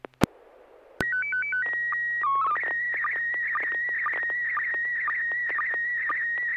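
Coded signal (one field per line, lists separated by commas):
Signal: SSTV (slow-scan television)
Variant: PD 120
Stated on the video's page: SSTV net on a 441.30 MHz FM repeater.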